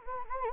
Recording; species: mosquito wingbeat signal from an infrared sensor; Anopheles gambiae